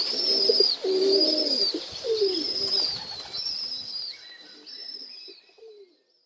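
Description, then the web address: Domestic pigeon cooing, a few low throaty phrases with high whistled notes alongside, fading away toward the end into near silence. Recorded in a pigeon loft (gołębnik). "wroblowe kolekcja golebnik"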